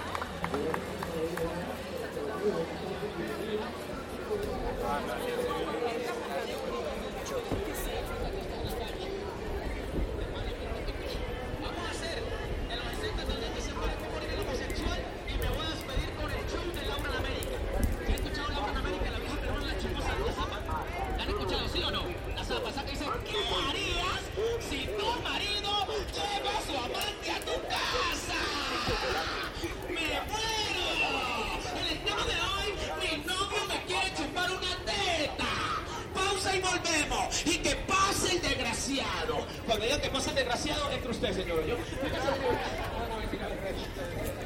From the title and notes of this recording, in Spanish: Paisaje Sonoro Centro Centro de Bogotá en Bicicleta. Grabado en bicicleta.